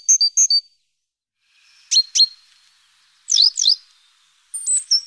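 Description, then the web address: Great tit uttering quick high chips and thin, sharp notes in short groups, separated by brief pauses. "Mesange charbonniere"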